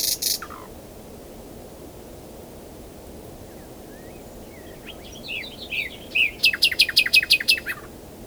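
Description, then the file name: Common nightingale song: a brief loud burst, a long pause, soft twittering notes, then a fast sharp rattling series near the end. "Luscinia megarhynchos"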